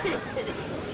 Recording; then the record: coughing mixed with background sound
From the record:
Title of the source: Dry Afternoon Cough